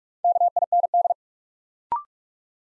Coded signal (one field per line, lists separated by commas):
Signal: Morse code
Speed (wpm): 44 wpm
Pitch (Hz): 700 Hz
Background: none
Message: KIND